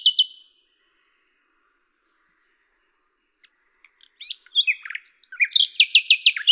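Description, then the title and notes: Common nightingale song: an opening note, a long silence, then scattered clicks building into a quick, rattling run of repeated notes. Recorded at Lavours, France, on 10 May 1998 with a Tascam DAP-1 recorder and a Telinga microphone; edited in Samplitude 5.1. "D83, 01350 Lavours, France - rossignol à LAVOURS. 10/05/1998"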